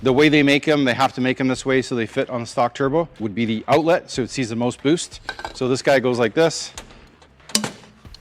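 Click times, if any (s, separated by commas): 7.6 s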